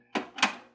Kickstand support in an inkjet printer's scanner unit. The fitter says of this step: and let our kickstand lock into place.